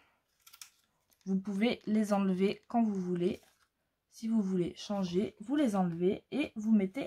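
A plastic interchangeable tip is clipped onto the handle of a craft tool used for a faux-stitching effect. A few faint taps are heard at the start, with the clip seating at 0.6 s. Afterward someone talks.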